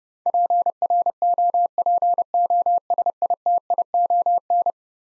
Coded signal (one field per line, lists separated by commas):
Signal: Morse code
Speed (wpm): 30 wpm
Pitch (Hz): 700 Hz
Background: none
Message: PROPOSITION